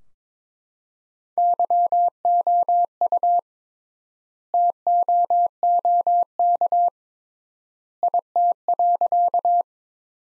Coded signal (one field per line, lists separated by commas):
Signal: Morse code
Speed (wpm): 21 wpm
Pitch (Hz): 700 Hz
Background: none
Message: YOU TOOK IT.